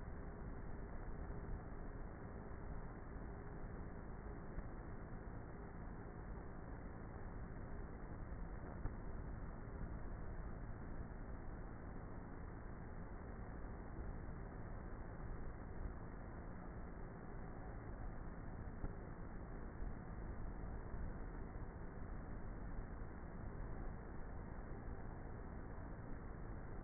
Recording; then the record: honeybee colony, microphone inside the hive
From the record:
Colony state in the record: queenless with a low population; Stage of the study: before two queens were removed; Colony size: about 30,000 bees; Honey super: no